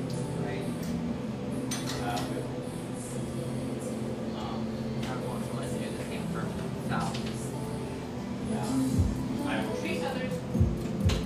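Café ambience with a steady, dense murmur of overlapping conversation and a constant low hum underneath. Scattered clinks of dishes and cutlery break through every second or two, and a few louder knocks and bumps land near the end.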